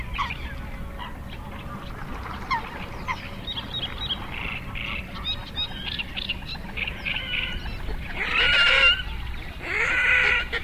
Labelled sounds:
Little Grebe call
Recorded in the wild
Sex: diverse
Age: adult
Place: Kützerhof, Kummerower See, Mecklenburg-Vorpommern, DE
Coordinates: 53.8514, 12.8764
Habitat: wetland
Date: 2010-05-19 21:17
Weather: overcast, 12°C, almost no wind
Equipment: Sound Devices 702, Sennheiser MKH 70, Rycote Windschutz
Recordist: Frommolt, Karl-Heinz

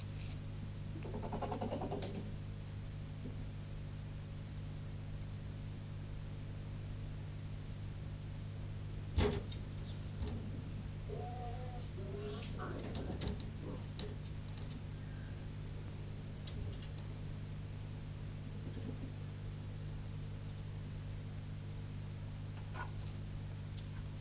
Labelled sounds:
Arctic Fox
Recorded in captivity
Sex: pair
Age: adult
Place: Zoologisches Institut der HUB, Berlin, DE
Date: 1958-03-27 17:30
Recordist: Tembrock, Günter

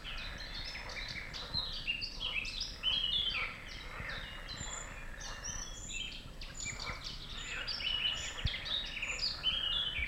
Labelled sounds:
Eurasian Blackcap song
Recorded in the wild
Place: Schielleiten, Steiermark, AT
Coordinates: 47.2276, 15.8273
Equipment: Uher 4000
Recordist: Brunner, Thomas

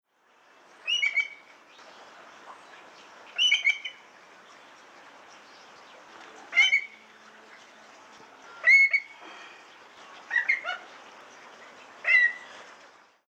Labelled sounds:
Eurasian Whimbrel
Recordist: Tembrock, Günter
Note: Rufe

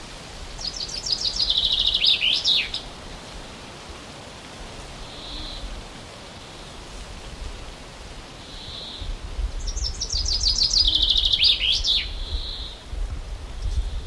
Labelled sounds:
Common Chaffinch
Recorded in the wild
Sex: male
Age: adult
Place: Halbinsel Kindo, Karelien, RU
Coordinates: 66.5375, 33.0908
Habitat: taiga
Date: 1995-06-21
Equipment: Sony WM-D6C, Sennheiser MKH 416 T, Kopie Revox C 270
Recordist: Frommolt, Karl-Heinz

